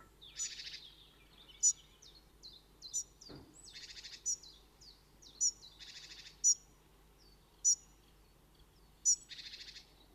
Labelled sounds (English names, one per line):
Great Tit call